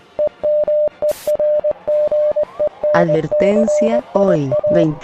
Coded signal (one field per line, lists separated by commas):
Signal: Morse code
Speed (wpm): 18 wpm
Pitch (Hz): 600 Hz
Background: speech, music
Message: EMERGENCIA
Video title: EAS Scenario | Chile | Terremoto de 1960